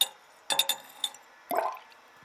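Several light glass clinks ring out, followed by a short gush of liquid being poured into a glass vessel. The sounds are quiet, with no talking.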